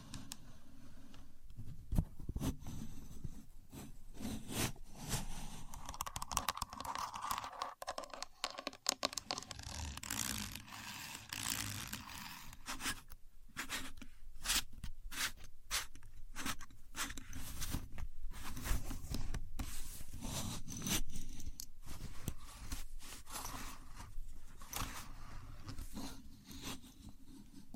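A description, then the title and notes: A contour gauge is worked by hand, its pins clicking and sliding in quick irregular bursts over a low steady hum, with no talking. Using A Contour Gauge (No Talking).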